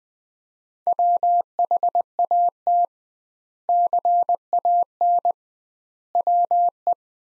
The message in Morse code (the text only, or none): WHAT CAN WE